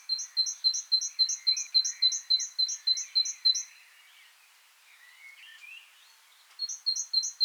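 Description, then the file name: Great tit song, quick bright two-note phrases repeated for several seconds, a quiet break with faint warbling, then the phrases return. "Parus major"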